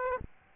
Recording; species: mosquito wingbeat signal from an infrared sensor; Aedes albopictus